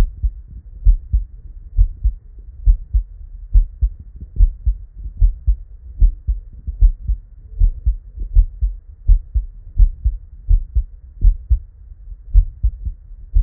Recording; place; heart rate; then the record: heart sounds by stethoscope; Erb's point; 74 bpm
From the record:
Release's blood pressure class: elevated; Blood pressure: 125/58 mmHg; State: at rest